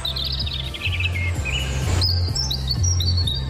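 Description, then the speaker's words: European robin song: high, thin, tumbling phrases of rapid twittering notes and sliding whistles, over a steady low hum. Singing at full voice. "Een roodborstje. Ja, hij zingt uit volle borst het roodborstje."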